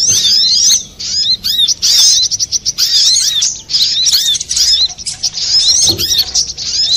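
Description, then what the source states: Little spiderhunter: sharp, high-pitched chattering from a little spiderhunter, rapid looping notes in clustered bursts that follow one another quickly. Master recording for training cage birds.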